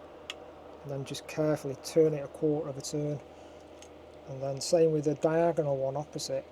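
A body-fixing screw on an ESU Engineering Class 66 model locomotive is turned anticlockwise in the plastic or metal threaded hole of the chassis until it drops into the thread start with a sharp click at 0.3 s, and is then turned a quarter turn clockwise. Someone talks throughout, and the screw is seated.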